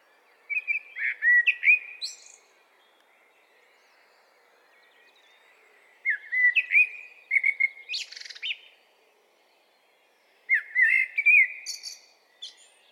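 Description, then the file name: Common blackbird singing three separate phrases, each a low, fluty warble ending in a high, scratchy flourish, with pauses of several seconds between them. "Turdus merula"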